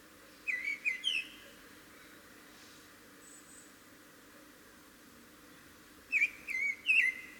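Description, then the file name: Eurasian blackbird delivering a quick run of three fluty notes, then a long pause, then another three-note run near the end; a faint high tone mid-way. "Turdus merula"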